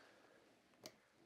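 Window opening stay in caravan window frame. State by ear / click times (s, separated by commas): seated / 0.9 s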